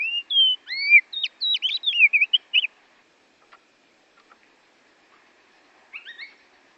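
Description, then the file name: Oriental magpie-robin song: loud, varied whistled phrases, some rising and some falling, in a quick burst lasting under three seconds, then near silence with a few faint notes. Borneo form; a recording used for training songbirds (masteran). "kacer borneo"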